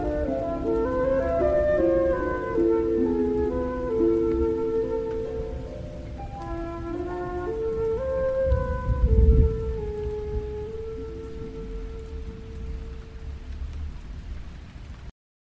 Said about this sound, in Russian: За шумом ветра и моря, и за раскатами грома трудно было расслышать.